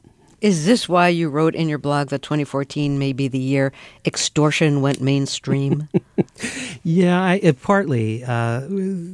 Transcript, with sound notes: Is this why you wrote in your blog that 2014 may be the year extortion went mainstream?
(Laughing) Yeah, partly.